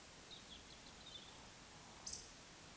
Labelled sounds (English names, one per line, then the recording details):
Eurasian Woodcock whistle
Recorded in Baden-Württemberg, Germany, on 2 June 2020 at 20:04 UTC
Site 46190, 1214 m above sea level